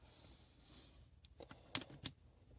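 A new ball bearing is dropped into the oven-heated aluminium crankcase of an OS FS 120 Surpass model four-stroke engine, and it goes in without force. After a quiet stretch and a few small taps, the bearing seats with a sharp metallic click at 1.8 s, followed by a lighter clink near 2.1 s. The bearing is seated.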